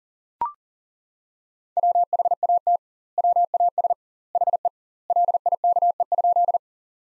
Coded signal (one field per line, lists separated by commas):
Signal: Morse code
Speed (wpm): 40 wpm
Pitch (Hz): 700 Hz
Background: none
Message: WHAT WAS HE LIKE?